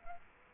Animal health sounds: mosquito wingbeat signal from an infrared sensor; Culex quinquefasciatus

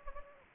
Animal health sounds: mosquito wingbeat signal from an infrared sensor; Anopheles gambiae

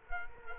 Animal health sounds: mosquito wingbeat signal from an infrared sensor; Culex quinquefasciatus

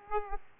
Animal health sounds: mosquito wingbeat signal from an infrared sensor; Aedes aegypti

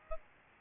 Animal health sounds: mosquito wingbeat signal from an infrared sensor; Aedes albopictus

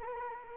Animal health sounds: mosquito wingbeat signal from an infrared sensor; Anopheles gambiae

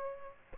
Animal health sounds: mosquito wingbeat signal from an infrared sensor; Aedes aegypti

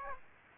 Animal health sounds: mosquito wingbeat signal from an infrared sensor; Aedes aegypti

